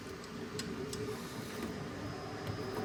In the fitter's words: click that just lets me know that there are no more threads